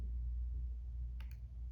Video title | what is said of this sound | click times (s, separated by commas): BTX classic motor 5060 Limit Setting | until that drops in. Do you hear that click? | 1.2 s